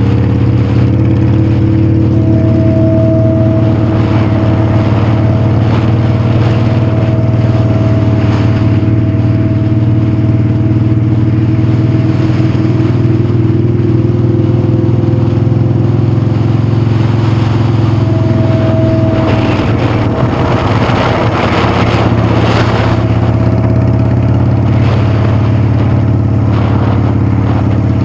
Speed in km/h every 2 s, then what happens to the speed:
34, 34, 34, 26, 34, 39, 40, 45, 44, 42, 31, 32, 39, 34.
2-6 slows to 26. 6-13 speeds up to 45. 13-20 slows to 31.